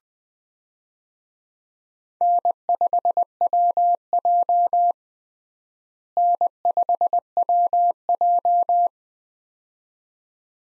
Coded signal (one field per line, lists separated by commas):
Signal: Morse code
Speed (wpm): 21 wpm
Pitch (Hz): 700 Hz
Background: none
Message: N5WJ N5WJ